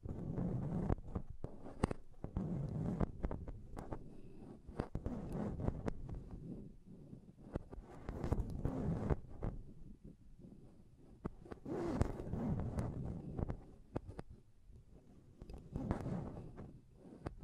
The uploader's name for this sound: Intense Mic Tapping and Scratching Sounds